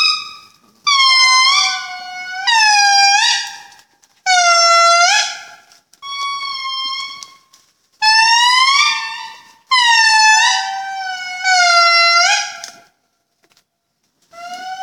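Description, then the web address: Indri song: loud wailing tonal notes with rich harmonics, each swelling and bending downward, repeated in bursts of one to two seconds with short gaps. Calling indri recorded in Andasibe, Madagascar, in 2013. "madagascar andasibe 2013 Calling of the Indri"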